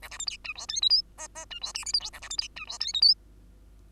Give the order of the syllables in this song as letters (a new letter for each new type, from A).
A B C D E F G H I J J E F K L M N A B C D E F G H I